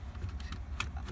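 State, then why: Not seated. A windshield wiper control switch from a 2003–2007 Honda Accord is handled as it is guided back toward its mount in the steering column switch housing. Only light plastic taps and scrapes are heard, with brief sharper ticks around 0.4, 0.5 and 0.8 seconds. The clip ends before the switch goes home, so nothing has seated or clicked yet.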